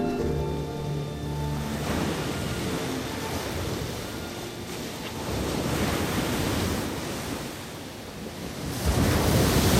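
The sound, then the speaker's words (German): Steady ocean surf rushes and hisses onto the sand, swelling into louder surges of breaking waves before easing back, with a faint tonal hum fading out in the opening seconds. No voices are heard. “Emma liebte das Meer.”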